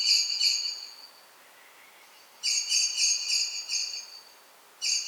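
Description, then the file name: Common blackbird giving clipped metallic chink notes in short bursts, with a quiet stretch between the first and second bursts. "Turdus merula"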